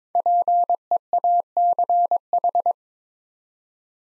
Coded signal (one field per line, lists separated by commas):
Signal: Morse code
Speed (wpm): 22 wpm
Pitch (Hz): 700 Hz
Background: none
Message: PEACH